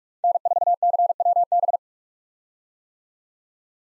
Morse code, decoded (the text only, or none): N4CWB